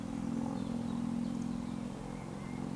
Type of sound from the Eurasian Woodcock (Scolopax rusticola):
whistle